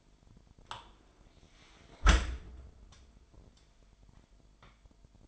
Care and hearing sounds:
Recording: daily activity, microphone in the room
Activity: close dishwasher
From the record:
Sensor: 5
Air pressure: 998.4 hPa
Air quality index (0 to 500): 84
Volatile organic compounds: 1 ppm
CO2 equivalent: 960 ppm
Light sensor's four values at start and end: 20/48/20/22 and 20/48/20/22

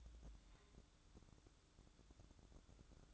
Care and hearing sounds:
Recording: daily activity, microphone in the room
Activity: take from stove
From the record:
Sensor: 3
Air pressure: 1008.0 hPa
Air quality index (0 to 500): 124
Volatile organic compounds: 2 ppm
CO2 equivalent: 1032 ppm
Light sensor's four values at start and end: 8/20/8/8 and 8/20/8/8

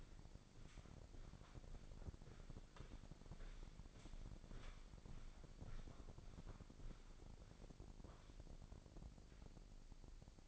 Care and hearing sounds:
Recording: daily activity, microphone in the room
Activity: walk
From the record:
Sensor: 5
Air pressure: 1009.4 hPa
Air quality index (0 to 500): 146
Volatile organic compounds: 2 ppm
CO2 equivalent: 1132 ppm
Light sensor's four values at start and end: 349/832/358/399 and 348/830/357/398

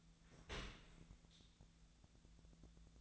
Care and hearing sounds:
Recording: daily activity, microphone in the room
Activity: open dishwasher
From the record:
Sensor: 3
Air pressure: 1000.5 hPa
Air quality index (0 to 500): 175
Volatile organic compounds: 3 ppm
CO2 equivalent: 1513 ppm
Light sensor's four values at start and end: 15/39/15/17 and 15/39/15/17

